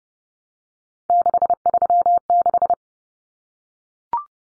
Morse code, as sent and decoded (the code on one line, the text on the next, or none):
-.... ...-- -....
636